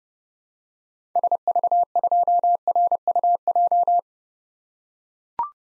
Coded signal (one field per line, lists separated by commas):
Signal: Morse code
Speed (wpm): 32 wpm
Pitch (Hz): 700 Hz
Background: none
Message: SV2RUJ